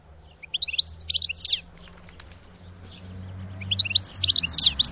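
Bird singing: a high, twittering burst of quick varied notes at the start and again at the end, with a steady low hum and faint rustling between.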